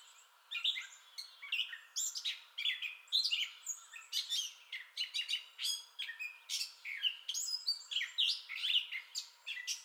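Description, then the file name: Gray catbird song, after a brief quiet start a steady stream of short scratchy, squealing and chattering phrases in irregular order. Entire song bout, recorded 30 May 2021. "2021-05-30 Gray Catbird Entire Song Bout"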